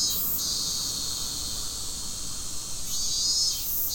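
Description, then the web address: Cicada song: a loud, steady high buzz that swells in pulsing bursts near the start and again toward the end, over a low rumble. Recorded at Fukushima on 30 July 2015. "nagahata fukudai 150730 cicadda"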